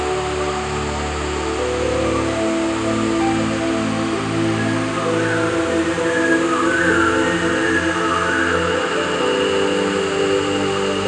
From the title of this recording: Echoey Jungle Night